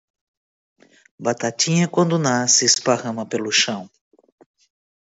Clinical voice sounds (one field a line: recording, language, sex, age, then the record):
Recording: short text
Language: Brazilian Portuguese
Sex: female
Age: 50 to 59 years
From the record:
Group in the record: control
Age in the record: 55 years